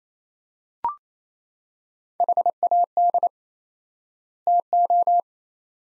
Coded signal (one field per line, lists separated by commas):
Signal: Morse code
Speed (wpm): 27 wpm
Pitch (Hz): 700 Hz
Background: none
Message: HAD TO